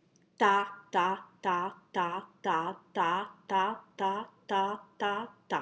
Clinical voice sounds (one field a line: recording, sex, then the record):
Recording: repeated syllable /ta/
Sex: female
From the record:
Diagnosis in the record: healthy control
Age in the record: 60 years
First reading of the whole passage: 59 s, 7.9 characters per second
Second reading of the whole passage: 55 s, 8.5 characters per second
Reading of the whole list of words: 44 s, 6.4 characters per second